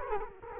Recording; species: mosquito wingbeat signal from an infrared sensor; Culex quinquefasciatus